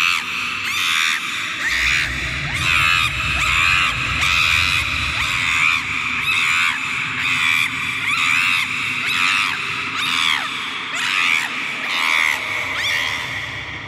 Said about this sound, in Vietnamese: Chưa nói hết câu, đang nghe tiếng con vượn lông bạc nằm dưới quan tài rít lên thảm thiết, như sợ hãi điều gì không dám giả chết nữa. Tiếng rú kinh hoàng xao động cả ngọn cây, khủng khiếp dị thường, không sao diễn tả nổi.